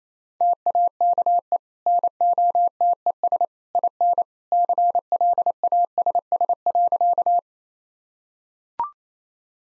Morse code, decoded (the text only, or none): TAKE NOTES IN CLASS.